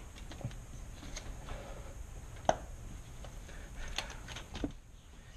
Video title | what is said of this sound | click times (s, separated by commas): Tips and Tricks for VG33 Fuel Rail, Injectors, and Extracting Stripped Screws | you'll feel a little click when it goes and | 2.5 s